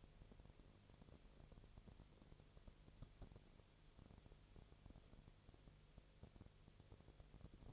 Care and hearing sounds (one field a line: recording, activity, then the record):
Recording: daily activity, microphone in the room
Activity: no activity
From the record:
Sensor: 4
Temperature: 22.4 degrees Celsius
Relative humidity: 31.2%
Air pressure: 1004.1 hPa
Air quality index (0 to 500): 85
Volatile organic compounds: 1 ppm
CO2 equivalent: 767 ppm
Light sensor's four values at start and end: 2/3/1/1 and 2/3/1/1